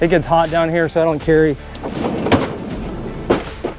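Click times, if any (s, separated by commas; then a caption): 2.3 s. Someone talks while a storage compartment lid on an iKon Boats LX is lifted open in its hinge or prop. A single sharp knock at 2.3 s is heard as the lid locks in place in the open position.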